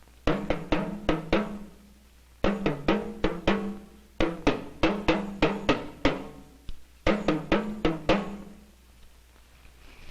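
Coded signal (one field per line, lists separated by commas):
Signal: talking drum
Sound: four phrases of resonant low drum strokes, six to eight each, with shifting pitch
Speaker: let's hear it on the drum once more [Music]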